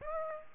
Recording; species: mosquito wingbeat signal from an infrared sensor; Aedes aegypti